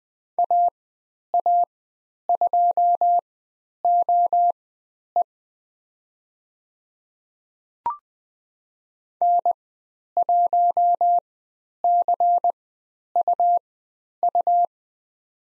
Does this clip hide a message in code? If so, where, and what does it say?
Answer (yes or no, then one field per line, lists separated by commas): yes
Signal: Morse code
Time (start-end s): 0.4-14.7 s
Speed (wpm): 20 wpm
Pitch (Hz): 700 Hz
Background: none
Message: AA2OE N1CUU